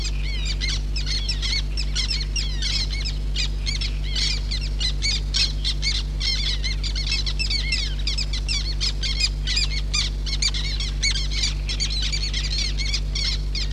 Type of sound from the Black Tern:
call